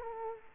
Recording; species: mosquito wingbeat signal from an infrared sensor; Culex quinquefasciatus